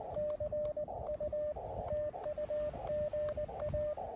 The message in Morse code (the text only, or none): CU TU GA